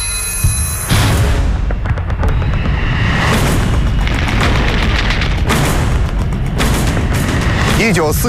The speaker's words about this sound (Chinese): 1949年5月23日夜，上海江湾机场的跑道上，几架飞机随时候命起飞，不远处隆隆的炮声阵阵传来。